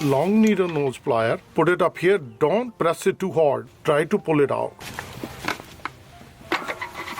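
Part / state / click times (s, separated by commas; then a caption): spark plug boot on an engine spark plug / released / 5.9 s. Someone talks while needle-nose pliers grip a spark plug boot on a HUMMER H2 engine's spark plug and pull it without squeezing too hard. Then comes a quiet stretch of faint handling noise with a small tick near 5.5 s. The boot snaps off the plug with a sharp click at 5.9 s, and it is released.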